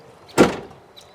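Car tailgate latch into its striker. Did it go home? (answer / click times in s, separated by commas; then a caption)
no / none. A car tailgate is slammed shut to show its fault: it opens fine, but the latch does not catch into its striker. A single loud broadband hit lands at about 0.4 s and fades over roughly a quarter second. The latch has not caught.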